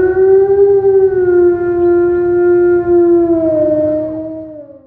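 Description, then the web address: Wolf giving a long, smooth, level howl that slowly sinks in pitch toward the end and fades out. "волк"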